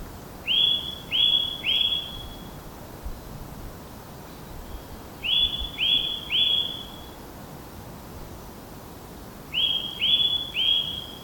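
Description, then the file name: Eurasian nuthatch calls: clear, upslurred whistled notes in quick triplets, each group repeated about every four to five seconds over a faint steady hiss. "Sitta europaea"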